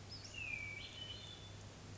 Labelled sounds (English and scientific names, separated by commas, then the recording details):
Hermit Thrush (Catharus guttatus)
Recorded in Sonoma County, California